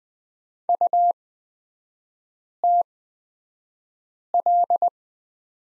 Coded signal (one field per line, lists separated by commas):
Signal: Morse code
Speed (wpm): 20 wpm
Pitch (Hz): 700 Hz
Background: none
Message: UTL